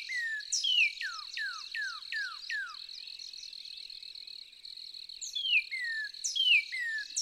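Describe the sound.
Northern cardinal delivering a rapid series of several steeply falling whistles, then a quieter stretch and a few more slurred notes; continuous high insect-like hum.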